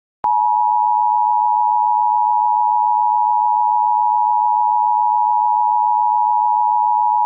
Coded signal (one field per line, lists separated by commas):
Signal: Emergency Alert System (SAME) tones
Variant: 853 and 960 Hz attention tone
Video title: EAS Scenario 13: Horror Mario's Rampage (15 Subscriber Special)